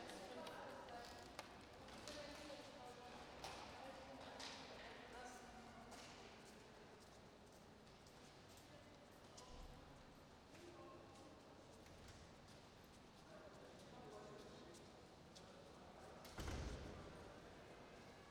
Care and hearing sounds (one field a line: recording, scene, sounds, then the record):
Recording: everyday scene through a hearing-aid microphone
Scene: reverberant space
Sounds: background noise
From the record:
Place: railway station hall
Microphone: in the ear canal, right